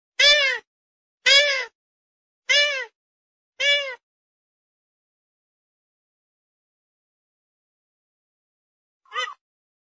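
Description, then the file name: Grey-headed swamphen calling with four strong nasal wails spaced about a second apart, silence, then one faint final note. "Tieng trich co"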